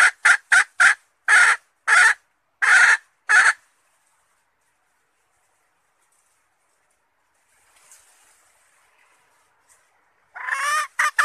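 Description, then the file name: Red junglefowl hen gives a run of short, harsh clucks, then falls silent for several seconds before a new drawn-out note starts at the end. Hen (female) calling to find a mate. "tieng ga rung mai keu tim kiem ban tinh"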